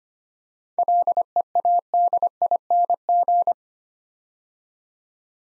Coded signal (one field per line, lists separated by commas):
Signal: Morse code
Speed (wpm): 25 wpm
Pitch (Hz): 700 Hz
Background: none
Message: LEADING